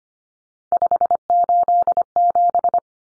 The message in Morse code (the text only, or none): 587